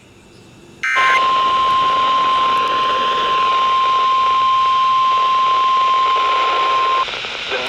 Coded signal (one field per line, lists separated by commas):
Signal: Emergency Alert System (SAME) tones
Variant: 1050 Hz attention tone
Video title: The Sangamon Chronicles | EAS Alerts From 6/10-11/2026 (EAS #3,383- 3,456)